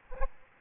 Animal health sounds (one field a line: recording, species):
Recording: mosquito wingbeat signal from an infrared sensor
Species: Aedes albopictus